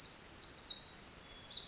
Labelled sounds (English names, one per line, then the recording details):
Pacific Wren
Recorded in Sonoma County, California